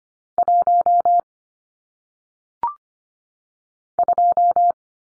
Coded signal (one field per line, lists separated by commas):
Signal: Morse code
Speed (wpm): 25 wpm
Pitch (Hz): 700 Hz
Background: none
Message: 1 2